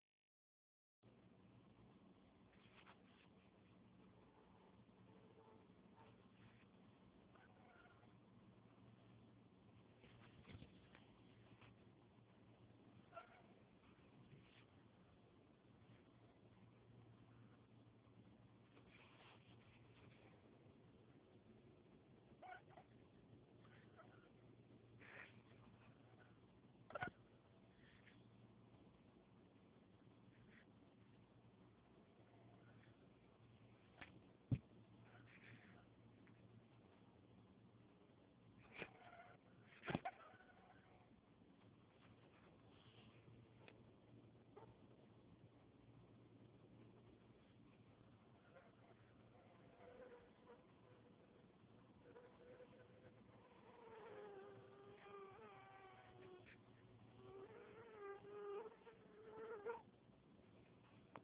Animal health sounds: mosquito flight sound by mobile phone; Anopheles albimanus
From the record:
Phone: Huawei 866C

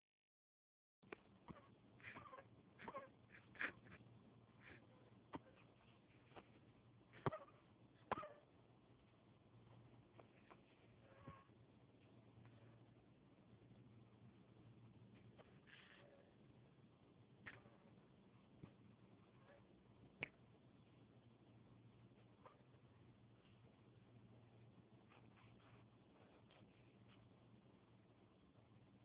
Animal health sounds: mosquito flight sound by mobile phone; Anopheles dirus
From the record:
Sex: male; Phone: Huawei 866C

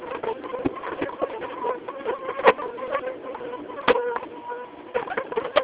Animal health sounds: mosquito flight sound by mobile phone; Aedes aegypti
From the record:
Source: UCD PR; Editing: snipped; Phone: Samsung T209

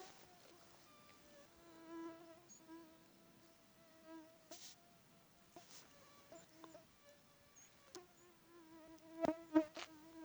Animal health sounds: mosquito flight sound by mobile phone; Aedes sierrensis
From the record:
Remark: several mosquitoes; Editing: cut to the mosquito's sound

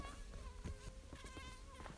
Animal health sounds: mosquito flight sound by mobile phone; Aedes sierrensis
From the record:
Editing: cut to the mosquito's sound

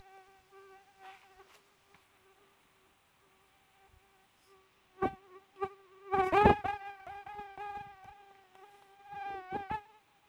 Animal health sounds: mosquito flight sound by mobile phone; Aedes sierrensis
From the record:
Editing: cut to the mosquito's sound

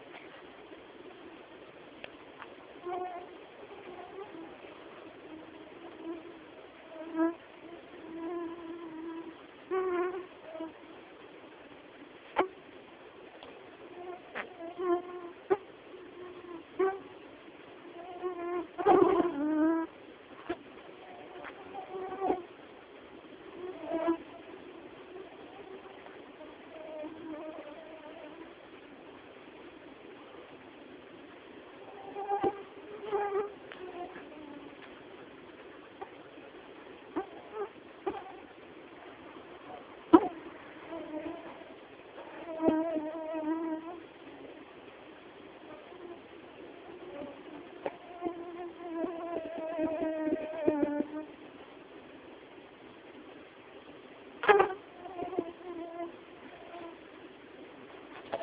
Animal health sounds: mosquito flight sound by mobile phone; Anopheles quadrimaculatus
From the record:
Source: Auburn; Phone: Samsung T209

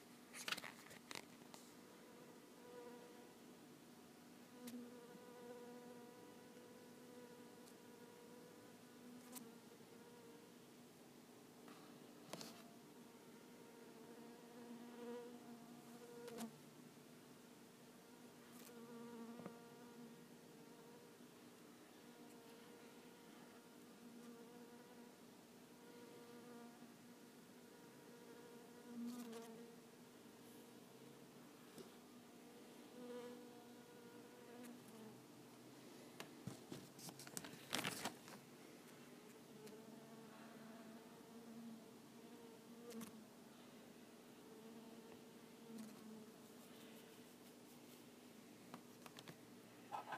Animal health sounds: mosquito flight sound by mobile phone; Culiseta incidens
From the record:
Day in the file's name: 2

